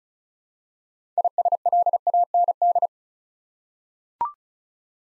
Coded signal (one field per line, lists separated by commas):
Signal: Morse code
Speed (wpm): 36 wpm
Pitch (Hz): 700 Hz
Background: none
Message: ISLAND